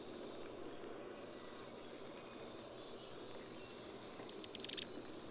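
Golden-crowned kinglet song: a series of very high, thin, evenly spaced notes, then a fast tumbling chatter at the end, over a low steady background hiss.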